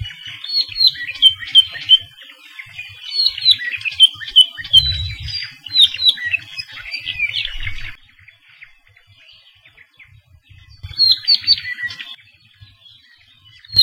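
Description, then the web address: Apapane song: a long run of quick chirps, trills and squeaky whistled notes for about eight seconds, a pause, then another short burst, over a low rumble. Recorded along Saddle Road, Hawaii. "Saddle Road Birding Songfiles apapanelong"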